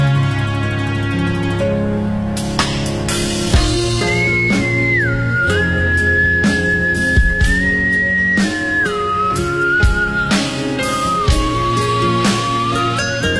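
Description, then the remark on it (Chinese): A person whistles a slow, wavering melody with clear, high sustained notes and gentle pitch glides, carried over a steady backing of instrumental music with soft rhythmic hits. “你不会吹口哨是不是？”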